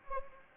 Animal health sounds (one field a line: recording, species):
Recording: mosquito wingbeat signal from an infrared sensor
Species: Anopheles gambiae